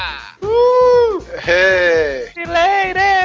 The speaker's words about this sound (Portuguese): Estamos aqui reunidos, o bode voltou, infelizmente, fazendo a luz não entrou em ação.